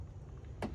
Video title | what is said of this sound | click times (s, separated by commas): Installing Boost Auto Side Marker Fender Lights In Under 5 Minutes (2020-2024) Duramax 2500/3500 | make sure it clicks then click the red safety tab down | 0.6 s